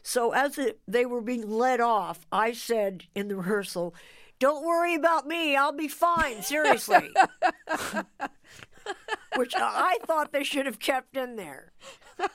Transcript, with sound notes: So as they were being led off, I said in the rehearsal, don't worry about me. I'll be fine, seriously.
(Laughter).
Which I thought they should have kept in there.